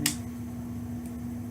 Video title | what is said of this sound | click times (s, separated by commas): random talking | going to hear it click and the new home and then | 0.1 s